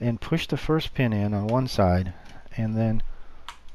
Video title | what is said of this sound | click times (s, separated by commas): BYOB Build Part 1 | physically push and you hear that little click when you push those push pins in | 3.5 s